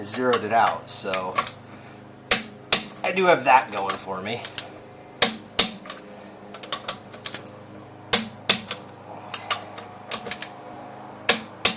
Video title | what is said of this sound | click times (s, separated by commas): Project Porsche - Episode 21: Bolting the new wheel up! | click you hear that's the spring inside hitting the preset tension | 5.2 s, 5.6 s, 8.1 s, 8.5 s, 11.3 s, 11.7 s